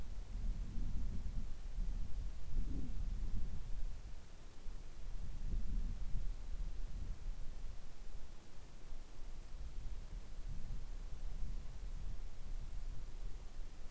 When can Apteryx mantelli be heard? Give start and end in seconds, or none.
none